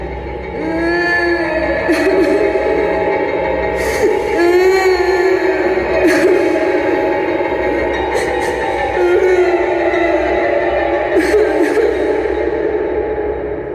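Mournful, wavering wails, like crying beside a coffin at a funeral, rise and fall continuously in a deep forest at night, several voices seeming to cry at once in long drawn-out moans, steady and fairly loud throughout, with a few sharp clicks breaking through.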